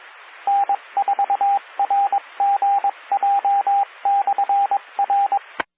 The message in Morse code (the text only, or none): N4RGJ/R